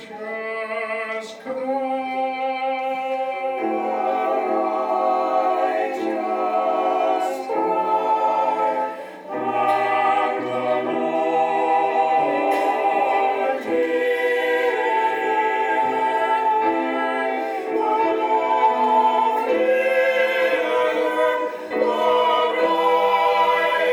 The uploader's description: the choir with the organ, and the congregation singing